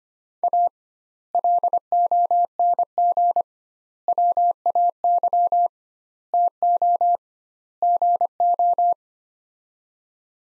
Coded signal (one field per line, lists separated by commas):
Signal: Morse code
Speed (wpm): 25 wpm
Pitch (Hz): 700 Hz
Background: none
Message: A LONG WAY TO GO